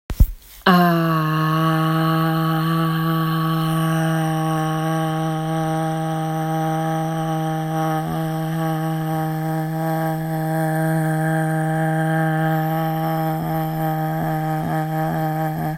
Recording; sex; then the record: sustained vowel /a/; female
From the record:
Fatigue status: fatigue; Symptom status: symptomatic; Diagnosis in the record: COVID-19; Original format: m4a